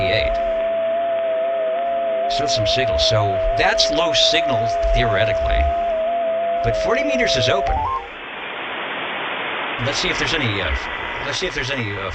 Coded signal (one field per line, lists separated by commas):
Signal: FT8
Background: speech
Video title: The Old Tube Radio Network LIVE June 6, 2026